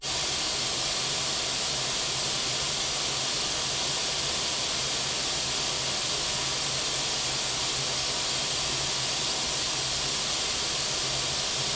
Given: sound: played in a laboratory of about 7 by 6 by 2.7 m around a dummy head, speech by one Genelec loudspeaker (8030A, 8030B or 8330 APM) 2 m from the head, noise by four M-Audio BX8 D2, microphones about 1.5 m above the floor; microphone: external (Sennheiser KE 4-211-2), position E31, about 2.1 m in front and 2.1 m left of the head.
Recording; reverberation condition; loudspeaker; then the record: white noise; medium; four, about 170 cm from the corners of the room and facing them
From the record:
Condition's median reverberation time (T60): about 510 ms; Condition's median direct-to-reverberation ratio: about -0.5 dB